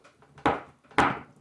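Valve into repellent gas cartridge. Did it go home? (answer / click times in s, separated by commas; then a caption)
yes / 0.5 s, 1.0 s. A valve is pressed back down into a refilled Thermacell gas cartridge for a mosquito repellent, with a few faint taps leading into two sharp clicks at 0.5 s and 1.0 s. The last click means the valve has seated at the bottom of the cartridge.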